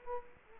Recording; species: mosquito wingbeat signal from an infrared sensor; Culex quinquefasciatus